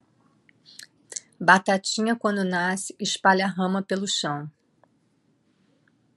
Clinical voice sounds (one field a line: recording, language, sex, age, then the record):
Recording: short text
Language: Brazilian Portuguese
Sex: female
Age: 50 to 59 years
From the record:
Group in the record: control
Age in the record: 54 years